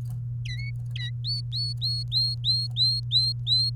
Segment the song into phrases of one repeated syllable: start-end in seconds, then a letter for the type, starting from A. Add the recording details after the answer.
0.45-0.70 A, 0.96-1.10 A, 1.25-3.70 B. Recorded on 28 April 2018 at 13:42. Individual llb3